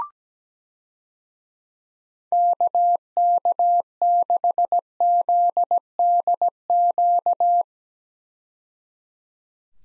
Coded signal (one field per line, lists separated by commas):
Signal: Morse code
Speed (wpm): 17 wpm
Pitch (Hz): 700 Hz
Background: none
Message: KK6ZDQ